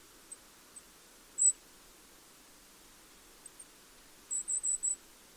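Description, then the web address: Bird calls, very high thin pips: a single louder note, then a fast run of four sharp notes near the end, with scattered faint ticks. "cianscape. Deverinetal 2025. Bird Only"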